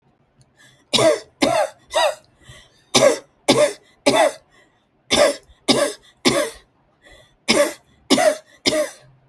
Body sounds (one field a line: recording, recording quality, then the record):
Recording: shallow voluntary cough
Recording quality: excellent, no background noise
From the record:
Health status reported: respiratory illness, not identified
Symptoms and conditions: asthma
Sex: female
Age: 69 years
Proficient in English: yes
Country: India